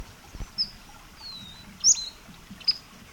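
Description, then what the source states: Flycatcher uttering a series of thin, very high notes, some sliding downward, spaced irregularly across a few seconds against steady low background hiss. Same individual flycatcher giving a new series of notes.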